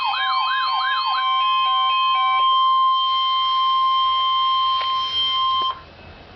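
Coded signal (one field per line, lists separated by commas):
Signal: Emergency Alert System (SAME) tones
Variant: 1050 Hz attention tone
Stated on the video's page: Severe Thunderstorm Watch activation on NOAA Weather Radio transmitter KZZ65.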